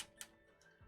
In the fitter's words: you just give a little push and it clicks into place and I've actually dropped this case like once or twice and they're all staying put and it's metal as